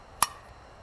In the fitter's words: snap into place